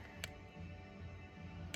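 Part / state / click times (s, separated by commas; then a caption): torque wrench on a cylinder head stud nut / torque reached / 0.2 s, 1.7 s. A click-type torque wrench set to 37 ft-lb is turned on a cylinder head stud nut during a diesel head gasket job, with music playing steadily underneath. Faint, sharp torque clicks sound at 0.2 s and 1.7 s, so faint the click was almost missed. The nuts had already been tightened past the 37 ft-lb setting.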